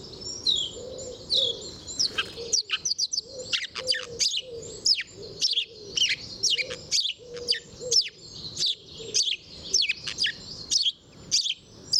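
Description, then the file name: House sparrow chirps in quick irregular bursts, bright and harsh, with soft low cooing underneath. "Passer domesticus"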